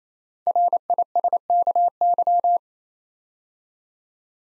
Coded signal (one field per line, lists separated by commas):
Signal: Morse code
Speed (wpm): 27 wpm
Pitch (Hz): 700 Hz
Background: none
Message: RISKY